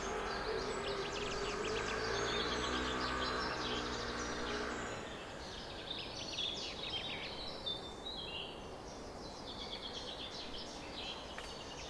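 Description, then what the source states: Bird: dawn chorus of high chirping birds, with a low droning hum in the first five seconds that then drops away, leaving thinner twittering. Summer morning bird chorus recorded at 4:40 am.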